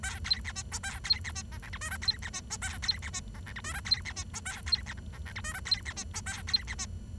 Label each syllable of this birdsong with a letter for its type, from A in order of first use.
A B C D E A B C D F G H I J B C D E A B C D F G H I J B C D E A B C K F G H I J B C D E A B C D